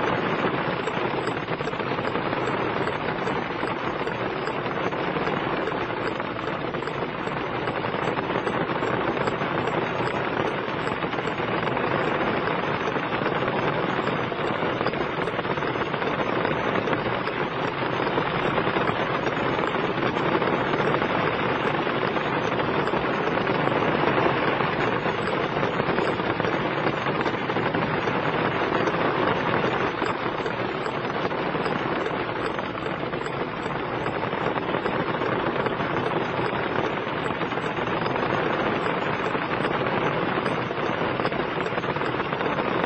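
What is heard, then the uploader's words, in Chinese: Rain falls on a car in a steady, dense patter that holds at an even level for the whole 43 seconds. The sound is a thick hiss of countless drops with a low rumble underneath and no pauses or separate events. 雨落在车上。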